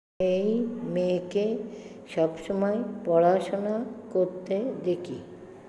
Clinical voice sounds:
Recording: elicited speech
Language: Bengali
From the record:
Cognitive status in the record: dementia

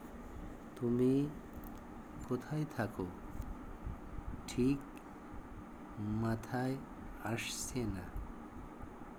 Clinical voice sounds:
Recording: elicited speech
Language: Bengali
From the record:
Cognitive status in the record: dementia

